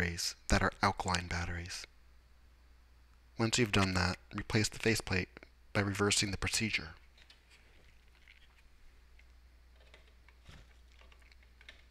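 Someone talks while the plastic faceplate of a Lux TX100e thermostat is put back onto its wall base after a change to alkaline batteries, with the faceplate positioned onto the top of the base before being pushed home. After the talking stops, only a few faint, small plastic contact taps are heard. The faceplate has not yet seated or clicked into place.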